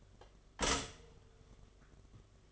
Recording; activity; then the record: daily activity, microphone in the room; stop toaster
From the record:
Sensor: 4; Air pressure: 1015.5 hPa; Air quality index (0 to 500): 201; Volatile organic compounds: 10 ppm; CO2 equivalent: 2248 ppm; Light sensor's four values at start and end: 4/9/3/3 and 4/8/3/3